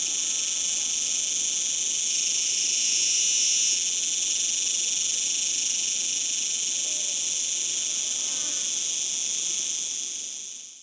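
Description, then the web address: Cicada call: a continuous, shrill, high-pitched buzz that holds steady throughout and fades away at the very end. "sonidos chicharras"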